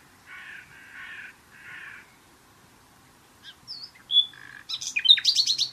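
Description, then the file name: Common nightingale: three slow, rasping, croaky notes, then a pause, a few sharp high whistles and a rapid scratchy chatter. "Luscinia megarhynchos"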